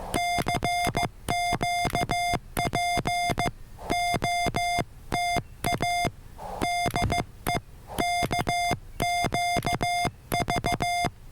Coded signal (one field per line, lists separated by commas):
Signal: Morse code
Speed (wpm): 15 wpm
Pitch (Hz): 2100 Hz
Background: none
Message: CQ POTA DE KQV